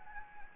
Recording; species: mosquito wingbeat signal from an infrared sensor; Anopheles gambiae